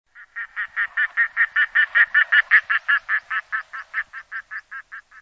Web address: chant jean roche plongeon catmarin